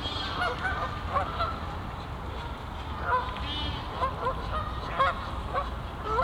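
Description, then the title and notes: Goose: geese honking repeatedly, loud nasal calls at irregular intervals over a low background rumble. Geese on a castle pond in a botanical garden at Meise, Belgium; binaural recording. "Meise, jardin botanique. Des oies sur l'étang du chateau de Bouchout. Enregistrement binaural"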